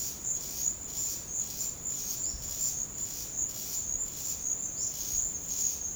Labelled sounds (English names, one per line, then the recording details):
none
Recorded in pastures near Puerto Asís, Putumayo, Colombia, on 13 March 2025 at 13:30
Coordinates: 0.502, -76.324
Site GP07